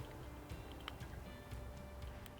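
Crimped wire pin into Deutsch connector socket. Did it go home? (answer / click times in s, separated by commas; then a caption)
yes / 0.9 s. A crimped shield wire terminal pin is pushed into socket three of a Deutsch connector and seats with a sharp, brief click at 0.9 s over a steady low hum. Fainter ticks follow around 2.3 s.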